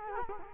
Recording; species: mosquito wingbeat signal from an infrared sensor; Culex quinquefasciatus